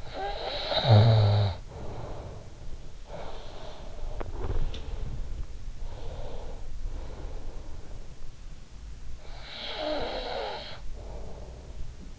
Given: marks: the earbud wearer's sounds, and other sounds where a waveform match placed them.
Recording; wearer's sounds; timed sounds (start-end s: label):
sounds in sleep by an in-ear microphone; snoring breath, breath
0.00-2.95 s: snoring breath
2.95-8.18 s: breath
4.43-5.01 s: sound from someone else or the room
9.19-12.18 s: snoring breath